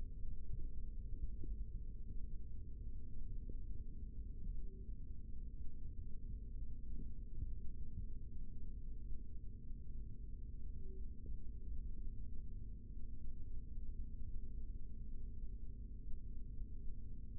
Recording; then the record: forearm muscle sounds (acoustic myography)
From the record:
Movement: rest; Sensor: system 3, bracelet of six PUI Audio POM-2738L microphones around the upper forearm, with dedicated amplification and filtering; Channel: 2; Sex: male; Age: 25 years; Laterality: right